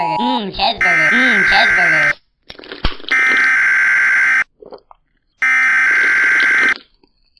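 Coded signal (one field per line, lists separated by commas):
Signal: Emergency Alert System (SAME) tones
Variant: header bursts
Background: speech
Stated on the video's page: Alert tones from a Roblox game.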